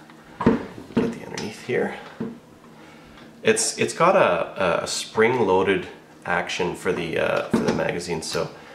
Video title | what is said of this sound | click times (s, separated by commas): Browning T-Bolt Review | as you push it in you get a nice positive click and as you pull it out | 0.4 s